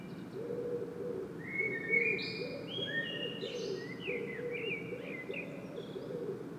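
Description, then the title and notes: Common blackbird singing soft flutey whistles and rising and falling notes, trailing into a quiet twitter, against a noticeable low droning hum. Blackbird singing at Saint-Gilles, Belgium; Sony PCM-M10 internal microphone. "Saint-Gilles, Belgique - Blackbird singing. Le merle chante. Sony PCM-M10 internal microphone"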